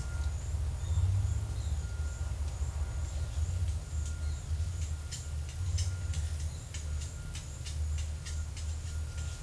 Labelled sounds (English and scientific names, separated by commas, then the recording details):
none
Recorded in secondary vegetation near Puerto Asís, Putumayo, Colombia, on 22 December 2024 at 11:00
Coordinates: 0.499, -76.323
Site G010